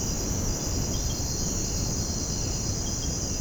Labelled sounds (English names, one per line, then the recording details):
Violaceous Jay
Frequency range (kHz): Violaceous Jay 1.8-3.9 kHz
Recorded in secondary vegetation near Puerto Asís, Putumayo, Colombia, on 21 February 2024 at 06:30
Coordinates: 0.489, -76.322
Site G6419